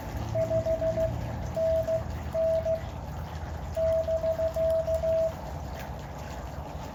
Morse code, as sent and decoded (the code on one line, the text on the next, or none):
..... -. -. / -...-.-
5NN <BK>